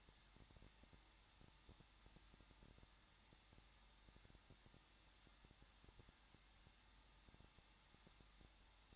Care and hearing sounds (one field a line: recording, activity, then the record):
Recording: daily activity, microphone in the room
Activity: no activity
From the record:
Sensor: 3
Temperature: 21.2 degrees Celsius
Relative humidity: 36.4%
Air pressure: 1006.4 hPa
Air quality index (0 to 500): 223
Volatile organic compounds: 43 ppm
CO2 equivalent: 3194 ppm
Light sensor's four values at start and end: 2/3/2/2 and 2/3/2/2